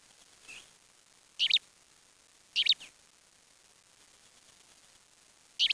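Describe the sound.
Bird calls: short, high, double-peaked chirps, with three loud ones at uneven intervals after a faint first note, over quiet background.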